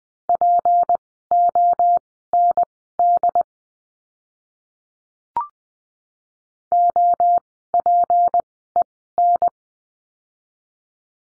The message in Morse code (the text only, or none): POND OPEN